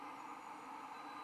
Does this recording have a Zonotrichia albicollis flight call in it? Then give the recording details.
no. No flight call is heard. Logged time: 23:31 on 19 December 2014